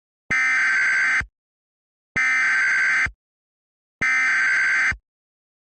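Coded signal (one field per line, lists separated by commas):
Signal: Emergency Alert System (SAME) tones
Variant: header bursts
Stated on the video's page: Recreation of a real administrative message, made with an EAS kit and an online EAS encoder; valid tones.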